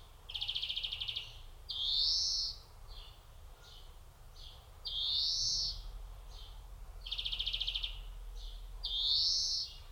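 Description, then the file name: European greenfinch calls: short fast rattles alternating with drawn-out rising wheezy notes, repeated several times, with faint low hum behind. "Chloris chloris"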